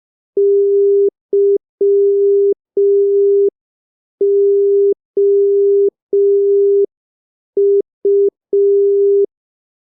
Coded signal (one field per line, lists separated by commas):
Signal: Morse code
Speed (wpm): 5 wpm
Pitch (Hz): 400 Hz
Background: none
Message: YOU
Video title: Morse Code Practice #6 (5wpm)